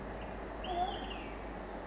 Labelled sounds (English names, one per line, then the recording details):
Olive-sided Flycatcher
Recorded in Sonoma County, California